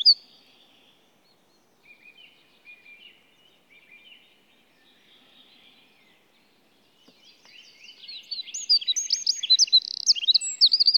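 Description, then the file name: Eurasian wren song: faint, scratchy twittering at first, then from about eight seconds a loud, fast burst of high, sharp notes and trills. "Troglodytes troglodytes"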